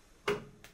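Levers are flipped to lock the build platform and resin tank into place in a HeyGears UltraCraft Reflex resin 3D printer. Two short clicks are heard, a louder one at 0.3 s and a quieter one at 0.6 s, and the platform and tank lock in.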